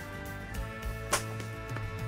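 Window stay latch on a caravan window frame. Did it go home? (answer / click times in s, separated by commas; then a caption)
yes / 1.1 s. A caravan window's stay latch on the window frame is brought back in until it locks, with a sharp click at 1.1 s confirming it is locked back into place. A fainter tick follows at about 1.8 s, over steady background music.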